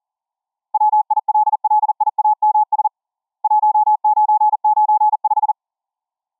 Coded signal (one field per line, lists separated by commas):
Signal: Morse code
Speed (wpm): 37 wpm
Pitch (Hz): 850 Hz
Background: none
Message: WILLIAMS 1995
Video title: diy Twin Coil Ferrite Rod(s) 26.6 kHZ VLF TX & RX Antenna for CW, Through The Earth(TTE) Radio COMMs